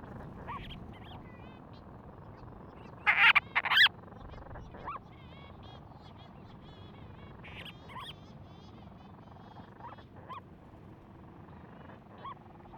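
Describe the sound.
Monteiro's storm petrel giving two loud, harsh, rasping bursts near the three-second mark, amid faint scattered rising notes and steady background hiss.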